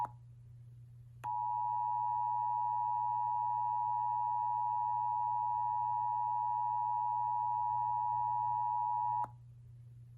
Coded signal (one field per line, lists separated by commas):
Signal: Emergency Alert System (SAME) tones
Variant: 853 and 960 Hz attention tone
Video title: May 2021 Stairway Heavan Incident - the EAS Scenario